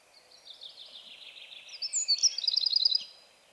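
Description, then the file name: Eurasian wren: a soft buzzy phrase, then a brief loud, high rattle of rapidly repeated notes that stops abruptly. "Troglodytes troglodytes"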